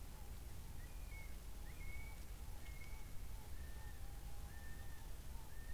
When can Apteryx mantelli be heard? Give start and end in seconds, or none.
0.44-5.74